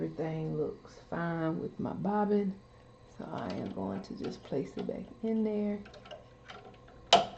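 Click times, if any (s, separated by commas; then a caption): 7.1 s. Someone talks while a bobbin case, its bobbin checked and found fine, is placed back into the rotary hook of an embroidery machine. A few faint ticks come at about 6.1, 6.5 and 6.9 seconds. A sharp, loud pop at 7.1 seconds marks the bobbin case seating into place.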